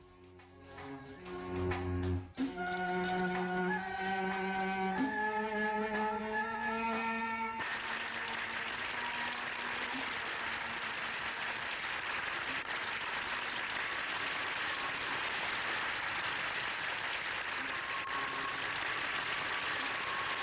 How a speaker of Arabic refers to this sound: تعود رائعته إيزيس لتمثل على أكبر مسارح باريس، تقدمها عام 1975 فرقة المسرح الحديث المصرية، ويشهدها آلاف الفرنسيين ويصفق لها الجمهور والنقاد.